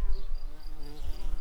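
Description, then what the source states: Tree bumblebee buzzing, a steady low droning hum with layered harmonic tones that waver slightly in pitch throughout, with no other clear sounds. Queens.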